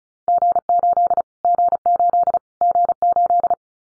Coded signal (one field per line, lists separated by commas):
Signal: Morse code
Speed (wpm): 34 wpm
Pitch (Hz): 700 Hz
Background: none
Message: G8 G8 G8